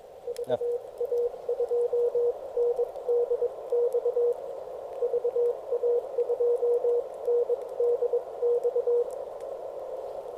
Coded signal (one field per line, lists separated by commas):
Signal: Morse code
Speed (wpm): 21 wpm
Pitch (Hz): 480 Hz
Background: radio noise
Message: VA2NDX VA2NDX